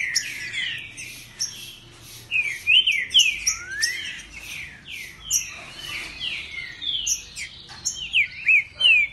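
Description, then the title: Green-winged Saltator singing, a busy tangle of clear, rising and falling whistles repeated rapidly, some notes swooping sharply upward, with thin high chips scattered through. Chirping, singing and territorial calls in competition. "Seu TRINCA Piando, Cantando E Macheando Na DISPUTA. BADERNINHA DE TRINCA FERRO"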